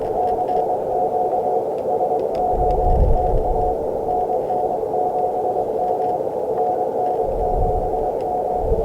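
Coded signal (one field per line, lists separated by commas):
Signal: Morse code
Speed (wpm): 21 wpm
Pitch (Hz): 720 Hz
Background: radio noise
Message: CQ SOTA NN7M NN7M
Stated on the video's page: SOTA summit activation run at 100W powered by a solar panel charging LiFePO4 cells.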